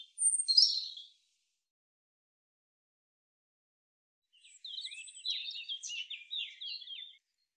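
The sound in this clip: European robin song: a brief high warbled phrase first, then after a long pause a longer run of fast, thin, trilling notes.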